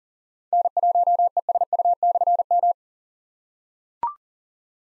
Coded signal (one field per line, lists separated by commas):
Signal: Morse code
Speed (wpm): 38 wpm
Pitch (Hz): 700 Hz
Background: none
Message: N1ESU/M